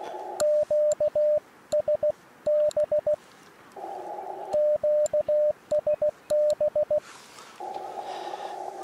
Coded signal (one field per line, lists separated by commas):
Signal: Morse code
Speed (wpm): 16 wpm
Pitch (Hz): 600 Hz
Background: radio noise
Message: QSB QSB